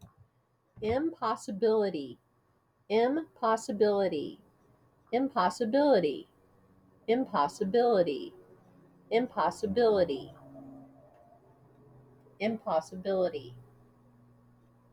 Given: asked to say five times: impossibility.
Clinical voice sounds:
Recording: repeated word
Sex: female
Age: 50 to 59 years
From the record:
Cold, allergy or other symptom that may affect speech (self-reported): no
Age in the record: 57 years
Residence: Arizona, United States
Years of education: 14

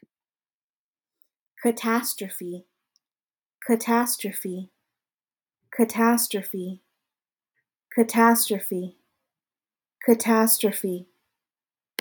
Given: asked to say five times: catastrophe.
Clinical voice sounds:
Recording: repeated word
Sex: female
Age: 20 to 29 years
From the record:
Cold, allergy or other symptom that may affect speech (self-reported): no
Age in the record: 25 years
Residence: California, United States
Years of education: 16

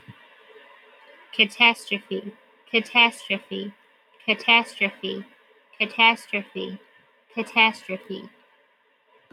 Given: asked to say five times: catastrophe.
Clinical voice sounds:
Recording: repeated word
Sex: female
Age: 30 to 39 years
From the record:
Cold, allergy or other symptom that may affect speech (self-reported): no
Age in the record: 30 years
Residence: Tennessee, United States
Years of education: 13

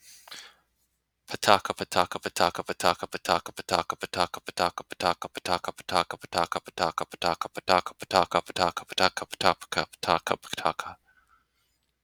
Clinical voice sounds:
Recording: repeated syllables /pa ta ka/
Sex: male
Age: 20 to 29 years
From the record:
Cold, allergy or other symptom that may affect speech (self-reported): no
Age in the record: 26 years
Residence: Florida, United States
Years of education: 16

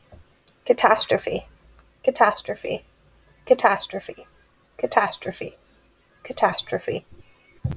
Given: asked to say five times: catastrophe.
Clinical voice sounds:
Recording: repeated word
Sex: female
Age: 20 to 29 years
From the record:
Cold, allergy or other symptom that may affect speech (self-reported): no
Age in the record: 29 years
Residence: Oregon, United States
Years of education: 16

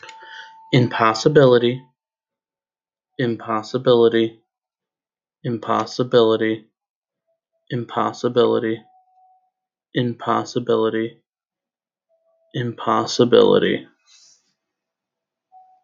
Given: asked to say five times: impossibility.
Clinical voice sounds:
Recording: repeated word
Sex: male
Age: 20 to 29 years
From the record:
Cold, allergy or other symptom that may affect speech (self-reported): no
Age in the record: 24 years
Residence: Illinois, United States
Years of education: 12

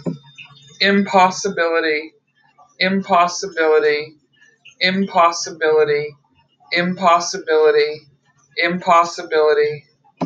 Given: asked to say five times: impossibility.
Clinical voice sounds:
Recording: repeated word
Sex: female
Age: 40 to 49 years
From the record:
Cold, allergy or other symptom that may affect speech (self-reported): no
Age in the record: 40 years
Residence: Ohio, United States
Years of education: 18

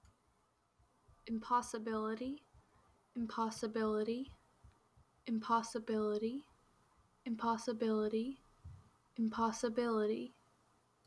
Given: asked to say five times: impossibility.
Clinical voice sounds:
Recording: repeated word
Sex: female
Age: 20 to 29 years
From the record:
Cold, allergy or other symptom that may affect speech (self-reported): no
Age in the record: 21 years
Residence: Washington, United States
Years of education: 14

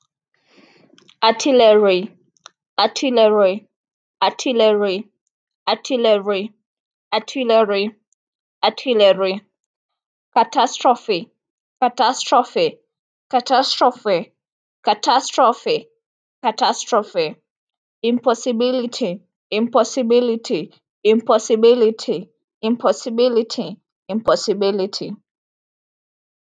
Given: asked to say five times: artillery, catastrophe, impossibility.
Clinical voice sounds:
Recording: three words, each repeated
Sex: female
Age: 20 to 29 years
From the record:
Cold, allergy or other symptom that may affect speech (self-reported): no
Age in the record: 27 years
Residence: Florida, United States

